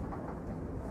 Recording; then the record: background sound without coughing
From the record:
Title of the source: Train Ride Ambience ambient white noise for sleeping, focus, studying, reading